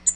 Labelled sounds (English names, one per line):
Tennessee Warbler flight call